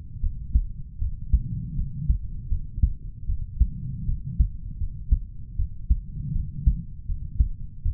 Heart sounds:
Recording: heart sounds by stethoscope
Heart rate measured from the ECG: 79 bpm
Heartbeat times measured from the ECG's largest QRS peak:
0.20 s: heartbeat
0.98 s: heartbeat
1.75 s: heartbeat
2.48 s: heartbeat
3.26 s: heartbeat
4.05 s: heartbeat
4.77 s: heartbeat
5.56 s: heartbeat
6.32 s: heartbeat
7.05 s: heartbeat
7.82 s: heartbeat
From the record:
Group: healthy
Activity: rest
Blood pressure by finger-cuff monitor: 96/70 mmHg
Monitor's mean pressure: 77 mmHg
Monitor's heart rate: 78 bpm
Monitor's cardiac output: 5.8 L/min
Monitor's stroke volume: 73 mL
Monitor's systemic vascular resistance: 960 dyn s/cm5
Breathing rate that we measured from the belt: 25 breaths a minute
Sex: male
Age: 20 years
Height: 187 cm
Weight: 68.9 kg

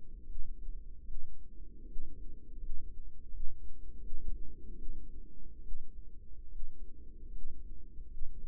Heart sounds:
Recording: heart sounds by microphone in the right ear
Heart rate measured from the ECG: 77 bpm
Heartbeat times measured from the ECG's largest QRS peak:
0.24 s: heartbeat
1.03 s: heartbeat
1.84 s: heartbeat
2.57 s: heartbeat
3.28 s: heartbeat
3.98 s: heartbeat
4.74 s: heartbeat
5.60 s: heartbeat
6.47 s: heartbeat
7.29 s: heartbeat
8.05 s: heartbeat
From the record:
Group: healthy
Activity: rest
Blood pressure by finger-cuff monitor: 134/76 mmHg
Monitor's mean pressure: 92 mmHg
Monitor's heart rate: 79 bpm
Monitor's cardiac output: 7.2 L/min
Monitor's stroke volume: 89 mL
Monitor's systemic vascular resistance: 930 dyn s/cm5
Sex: female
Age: 22 years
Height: 171 cm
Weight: 65.6 kg

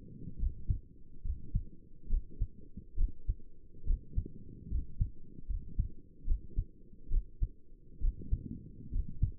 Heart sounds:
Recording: heart sounds by stethoscope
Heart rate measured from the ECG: 70 bpm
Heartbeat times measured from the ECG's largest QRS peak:
0.39 s: heartbeat
1.25 s: heartbeat
2.10 s: heartbeat
2.98 s: heartbeat
3.87 s: heartbeat
4.71 s: heartbeat
5.49 s: heartbeat
6.27 s: heartbeat
7.11 s: heartbeat
8.02 s: heartbeat
8.92 s: heartbeat
From the record:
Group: healthy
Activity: rest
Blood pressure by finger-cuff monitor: 88/57 mmHg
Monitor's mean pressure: 67 mmHg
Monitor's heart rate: 69 bpm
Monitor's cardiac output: 6.4 L/min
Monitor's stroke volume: 92 mL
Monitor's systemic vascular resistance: 750 dyn s/cm5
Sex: male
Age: 22 years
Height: 181 cm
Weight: 79 kg

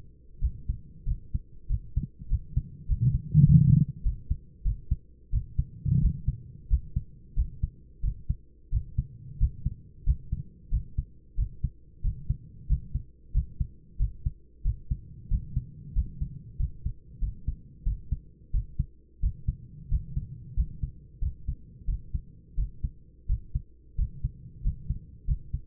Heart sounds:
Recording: heart sounds by stethoscope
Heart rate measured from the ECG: 92 bpm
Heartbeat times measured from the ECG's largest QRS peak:
0.40 s: heartbeat
1.05 s: heartbeat
1.68 s: heartbeat
2.29 s: heartbeat
2.87 s: heartbeat
3.45 s: heartbeat
4.03 s: heartbeat
4.64 s: heartbeat
5.32 s: heartbeat
6.01 s: heartbeat
6.69 s: heartbeat
7.35 s: heartbeat
8.02 s: heartbeat
8.71 s: heartbeat
9.39 s: heartbeat
10.05 s: heartbeat
10.70 s: heartbeat
11.36 s: heartbeat
12.03 s: heartbeat
12.68 s: heartbeat
13.33 s: heartbeat
13.98 s: heartbeat
14.64 s: heartbeat
15.29 s: heartbeat
15.94 s: heartbeat
16.58 s: heartbeat
17.20 s: heartbeat
17.84 s: heartbeat
18.52 s: heartbeat
19.21 s: heartbeat
19.90 s: heartbeat
20.55 s: heartbeat
21.20 s: heartbeat
21.86 s: heartbeat
22.56 s: heartbeat
23.27 s: heartbeat
23.97 s: heartbeat
24.63 s: heartbeat
25.26 s: heartbeat
From the record:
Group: healthy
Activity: rest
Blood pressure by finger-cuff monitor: 122/65 mmHg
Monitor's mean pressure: 83 mmHg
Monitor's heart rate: 91 bpm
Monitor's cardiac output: 9.6 L/min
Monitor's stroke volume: 106 mL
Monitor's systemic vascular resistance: 640 dyn s/cm5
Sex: male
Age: 24 years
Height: 184 cm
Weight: 89 kg

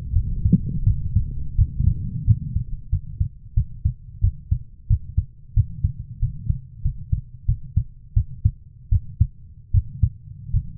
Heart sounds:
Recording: heart sounds by stethoscope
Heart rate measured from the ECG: 87 bpm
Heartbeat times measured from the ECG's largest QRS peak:
0.13 s: heartbeat
0.84 s: heartbeat
1.56 s: heartbeat
2.25 s: heartbeat
2.90 s: heartbeat
3.54 s: heartbeat
4.21 s: heartbeat
4.88 s: heartbeat
5.54 s: heartbeat
6.20 s: heartbeat
6.82 s: heartbeat
7.46 s: heartbeat
8.14 s: heartbeat
8.89 s: heartbeat
9.72 s: heartbeat
10.51 s: heartbeat
From the record:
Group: healthy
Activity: rest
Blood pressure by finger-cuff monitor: 123/72 mmHg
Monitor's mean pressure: 90 mmHg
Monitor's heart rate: 89 bpm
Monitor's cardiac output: 7.1 L/min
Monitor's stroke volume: 77 mL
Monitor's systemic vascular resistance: 930 dyn s/cm5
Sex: female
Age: 24 years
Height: 163 cm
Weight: 55.7 kg

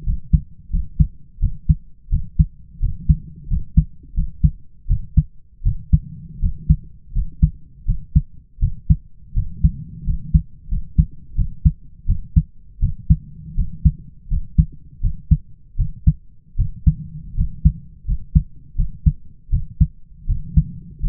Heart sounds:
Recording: heart sounds by stethoscope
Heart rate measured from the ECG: 83 bpm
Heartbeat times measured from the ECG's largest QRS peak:
0.04 s: heartbeat
0.70 s: heartbeat
1.39 s: heartbeat
2.09 s: heartbeat
2.80 s: heartbeat
3.48 s: heartbeat
4.14 s: heartbeat
4.87 s: heartbeat
5.63 s: heartbeat
6.40 s: heartbeat
7.12 s: heartbeat
7.85 s: heartbeat
8.59 s: heartbeat
9.34 s: heartbeat
10.04 s: heartbeat
10.68 s: heartbeat
11.35 s: heartbeat
12.06 s: heartbeat
12.80 s: heartbeat
13.55 s: heartbeat
14.28 s: heartbeat
15.01 s: heartbeat
15.76 s: heartbeat
16.56 s: heartbeat
17.35 s: heartbeat
18.05 s: heartbeat
18.76 s: heartbeat
19.50 s: heartbeat
20.26 s: heartbeat
21.00 s: heartbeat
From the record:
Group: healthy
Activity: rest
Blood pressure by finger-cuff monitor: 113/62 mmHg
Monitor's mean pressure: 74 mmHg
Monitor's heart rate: 84 bpm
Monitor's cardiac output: 6.3 L/min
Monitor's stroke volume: 74 mL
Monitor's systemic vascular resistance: 850 dyn s/cm5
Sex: male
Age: 20 years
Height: 167 cm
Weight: 61 kg

